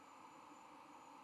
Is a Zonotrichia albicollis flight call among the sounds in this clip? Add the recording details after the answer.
no. No flight call is heard. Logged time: 04:55 on 6 November 2014